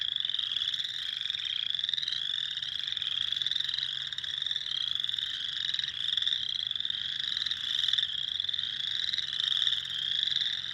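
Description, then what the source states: Spring peeper chorus, many high piping upslurred peeps layered together into a steady, bright trilling din that never breaks. Recorded on 6 April 2021.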